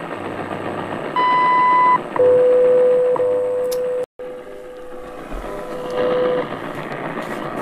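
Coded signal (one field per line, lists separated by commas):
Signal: radio time signal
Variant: WWV/WWVH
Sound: short high beep, then steady low hum tone with a tick each second, through static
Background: radio static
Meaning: The short 1 kHz tone marks the minute, followed by the steady 500 Hz standard audio tone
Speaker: at 4 hours 39 minutes coated universal time as you can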